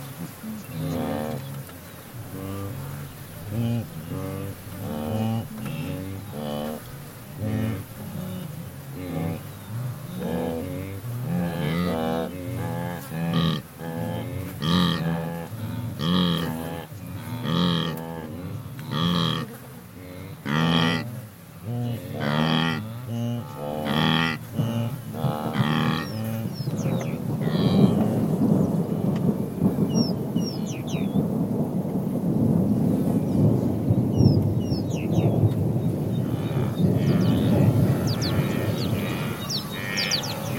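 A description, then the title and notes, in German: Zebras and wildebeest on the Serengeti, a herd calling with repeated honking, grunting barks that come in dense bursts through the first half. Later the calls thin out into a low, steady rumble of hooves and movement, with faint insects buzzing high. Bei den Zebras und Gnus der Serengeti – Tansania. Nur Geräusche, ohne Erzählung, ohne Musik. Aufnahmen und Postproduktion: Erik Lorenz.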